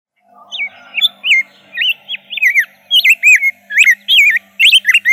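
Rose-breasted grosbeak giving a fluid warbling song of looping whistled notes, becoming faster toward the end, over a faint low hum.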